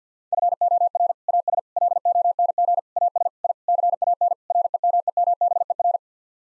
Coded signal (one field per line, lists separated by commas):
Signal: Morse code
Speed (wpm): 50 wpm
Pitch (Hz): 700 Hz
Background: none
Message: FOR AS LONG AS I CAN REMEMBER